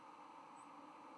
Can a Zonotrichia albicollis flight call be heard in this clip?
no